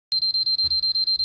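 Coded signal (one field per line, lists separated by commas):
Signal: alarm pattern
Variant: dog fence control unit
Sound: fast, continuous high-pitched beeping, about nine per second, with one soft click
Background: small room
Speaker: this alarm means you've got a break in your wire somewhere the alarm sounding and you've got no green loop light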